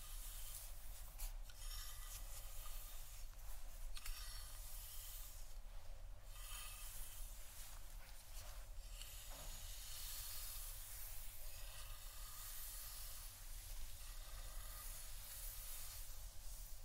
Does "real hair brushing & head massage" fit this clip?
yes